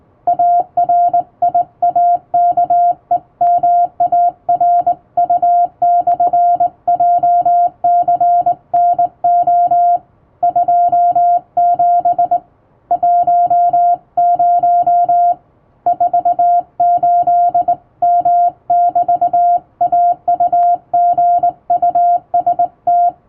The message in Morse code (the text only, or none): ARIAKEMARU/JCNO 27 10 48M<BT>AUGUST